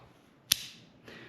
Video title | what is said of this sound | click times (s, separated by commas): Silky Pocket Boy - Why this crazy hole ? does it cut ? | so talking about opening it this is how you open it and you'll watch it'll lock | 0.5 s